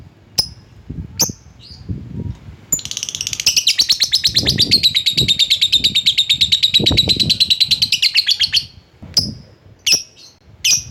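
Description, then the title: Lovebird calling with sharp high chirps, then a sustained rapid buzzy trill for about six seconds, followed by more clipped chirps. Lovebird calling a rival. "Lovebird Memanggil Lawan"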